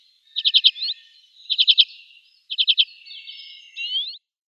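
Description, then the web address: Common Redpoll with three quick rattled series of chit notes, each trailing into a thin drawn-out buzz, ending with a rising note. "Schulze Peter Common Redpoll calls"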